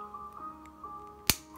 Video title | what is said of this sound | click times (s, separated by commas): Jean Pierre — Of Switzerland — Quality - Review | clicks shut with a nice solid click | 1.3 s